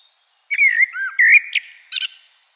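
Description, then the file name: Common blackbird giving a single short song phrase: rich, rolling whistles that end in a few thin, high squeaks. "Turdus merula"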